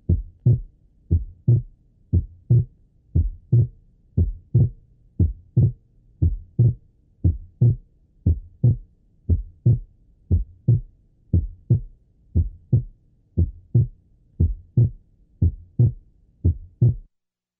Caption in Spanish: Desdoblamiento inspiratorio del segundo ruido tal como ocurriría con la respiración lenta.